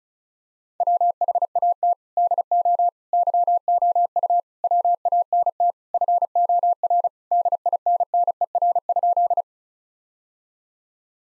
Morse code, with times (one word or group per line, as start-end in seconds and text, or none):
0.8-1.9 WHAT
2.2-2.9 DO
3.1-4.4 YOU
4.6-5.7 WANT
5.9-7.1 FOR
7.3-9.4 DINNER?